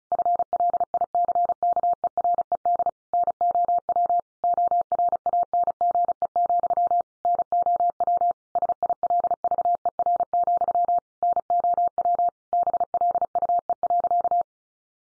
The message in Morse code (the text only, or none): FLICKERED NOW ORANGE, NOW SILVER, NOW BLUE.